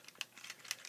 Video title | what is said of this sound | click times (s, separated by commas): Soundout Review - Transformers Prime Arms Micron - AM-12 - War Breakdown | So you can click this all into place, | 0.2 s, 0.7 s